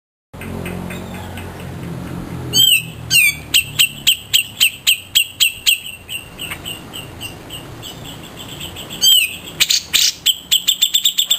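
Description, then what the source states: Grey-cheeked bulbul singing: bursts of quick, ringing notes repeated in rapid runs, with sharp swooping whistles between series. Long-duration tutor song for training caged birds.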